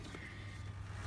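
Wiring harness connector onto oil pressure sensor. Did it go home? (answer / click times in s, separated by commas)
no / none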